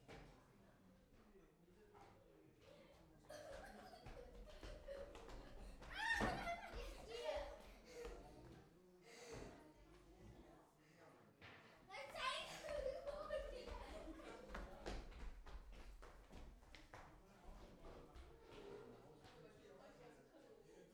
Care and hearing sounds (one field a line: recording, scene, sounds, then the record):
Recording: everyday scene through a hearing-aid microphone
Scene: many people talking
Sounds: footsteps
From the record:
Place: parish hall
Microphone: behind the ear, right, front